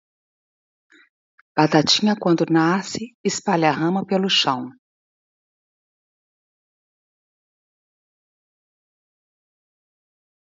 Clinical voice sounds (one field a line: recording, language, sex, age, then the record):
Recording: short text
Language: Brazilian Portuguese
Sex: female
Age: 50 to 59 years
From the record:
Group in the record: control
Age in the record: 52 years